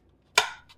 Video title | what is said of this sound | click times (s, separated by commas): Garvee Portable Air Conditioner with Wheels, Remote Control Overview #ad #amazoninfluencer | And then they snap in. | 0.4 s